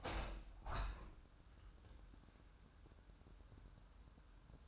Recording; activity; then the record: daily activity, microphone in the room; open window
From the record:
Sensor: 2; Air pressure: 998.0 hPa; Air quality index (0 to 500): 148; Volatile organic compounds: 4 ppm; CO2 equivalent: 1670 ppm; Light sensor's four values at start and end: 10/29/11/11 and 10/29/12/11